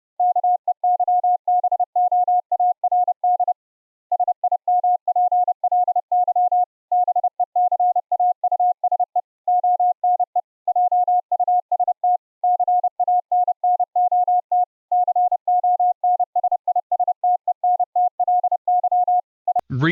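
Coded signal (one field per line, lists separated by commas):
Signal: Morse code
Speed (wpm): 30 wpm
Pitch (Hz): 720 Hz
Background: none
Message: KEYBOARD SIMPLY BECAUSE ONE JUST CANNOT CONSISTENTLY I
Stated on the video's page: Morse audio amplitude-modulating a homebuilt low-power 16 kHz VLF AM transmitter, fed into a sound card input.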